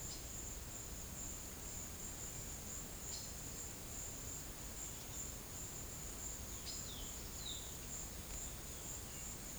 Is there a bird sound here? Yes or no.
yes